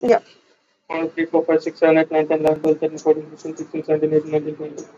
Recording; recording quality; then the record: counting at a fast pace; moderate, slight background noise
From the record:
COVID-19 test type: RT-PCR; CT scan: not taken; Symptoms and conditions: cough, cold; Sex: male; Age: 21 years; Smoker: no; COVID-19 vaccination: both doses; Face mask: worn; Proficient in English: yes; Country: India